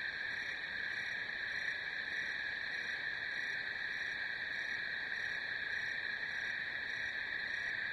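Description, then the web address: Cricket chorus, a ceaseless high-pitched buzzing with faint quick pulses, level and unbroken for the whole stretch. "сверчки"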